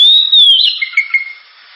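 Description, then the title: Oriental magpie-robin song: a loud, clear whistle sliding gently down, then softer warbled notes fading out. Constantly singing ('gacor'), sharp, very loud song, described as suited as a lure ('pancingan') to prompt other birds to sing. "Kacer Gacor Suara Tajam. Kacer Gacor Suara Super Kenceng Cocok untuk Pancingan"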